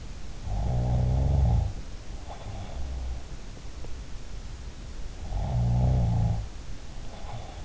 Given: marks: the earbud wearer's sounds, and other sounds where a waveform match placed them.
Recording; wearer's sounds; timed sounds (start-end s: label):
sounds in sleep by an in-ear microphone; snoring breath
0.41-2.94 s: snoring breath
5.30-7.65 s: snoring breath